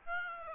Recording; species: mosquito wingbeat signal from an infrared sensor; Aedes aegypti